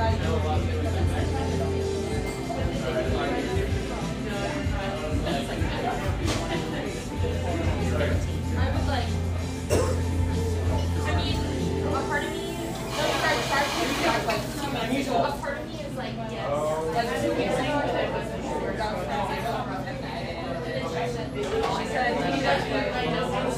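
Café chatter with steady overlapping voices over a constant low hum, a denser burst of conversation and clatter arriving around thirteen seconds.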